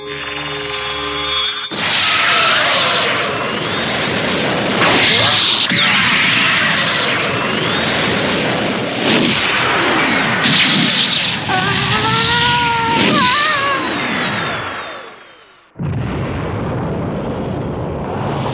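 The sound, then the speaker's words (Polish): A loud, sustained energy shockwave blast, sent at an opponent during a fierce fight, roars for about fourteen seconds, with whooshing tones sweeping up and down, then cuts off abruptly into a lower, steady rumble. “Posłał mu falę uderzeniową.”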